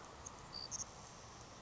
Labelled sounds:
Savannah Sparrow
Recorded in Sonoma County, California

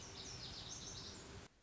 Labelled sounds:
Lazuli Bunting
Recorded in Sonoma County, California

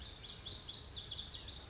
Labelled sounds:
Pacific Wren
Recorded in Sonoma County, California

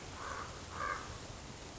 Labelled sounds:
Common Raven
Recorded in Sonoma County, California

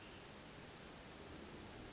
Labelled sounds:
Chestnut-backed Chickadee
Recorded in Sonoma County, California

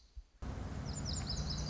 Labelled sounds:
Lazuli Bunting
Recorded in Sonoma County, California

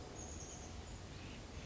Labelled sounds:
Chestnut-backed Chickadee
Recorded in Sonoma County, California

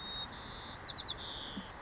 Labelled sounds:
White-crowned Sparrow
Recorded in Sonoma County, California

